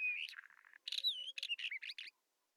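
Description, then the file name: Isabelline wheatear song, a quick rich phrase of whistled notes, scratchy twitters and a drawn-out wavering whistle, ending abruptly. Recorded at Telmen Nuur. "isawheat telmen-nuur"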